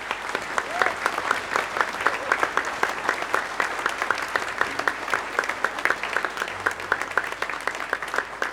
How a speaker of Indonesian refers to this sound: Sekali lagi tepuk tangan untuk ….